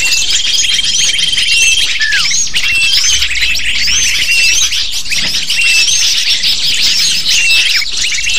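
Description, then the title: Lovebirds chirping together, rapid piercing squeaks and short downward-sliding notes layered densely, a thin level whistle early on. Calls used as a lure (pikat) to attract lovebirds. "PIKAT BURUNG LOVEBIRD"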